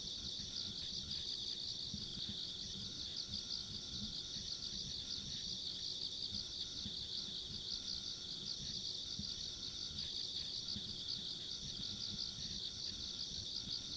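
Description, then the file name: Insects keep up a steady, shimmering high drone, faint extra trills layered on top, over a soft low rumble. Ambient insect sounds along a rural country road. "田舎道の虫の環境音"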